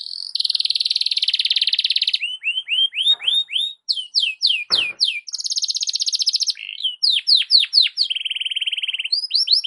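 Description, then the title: Canary song mixing long rapid trills with runs of bright upswept whistles, switching between high and lower pitches with barely a break. Belgian canary song in the morning, for warming up Belgian canaries; suitable for masteran (tutoring other birds). "Canto Para Esquentar Canário Belga. SUARA BURUNG KENARI DI PAGI HARI COCOK BUAT MASTERAN"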